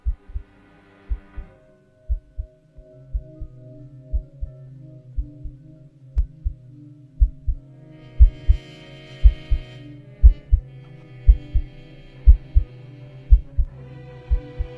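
A woman's loud, low heartbeat pounds in steady double thumps, quickening slightly over time, over a sustained humming drone that brightens partway through. No one speaks.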